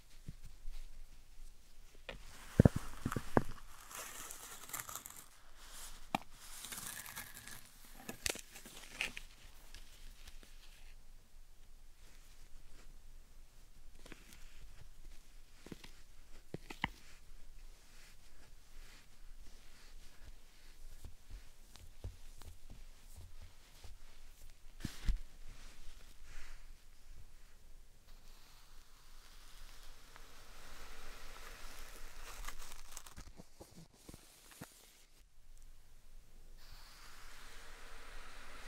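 Slime sand is squished and worked, making a dense, crackling, wet texture that runs through the whole clip with bright fizzy detail. Sharp pops and clicks break through now and then, loudest near the start and around 25 seconds, with a brief quieter stretch near 34 seconds.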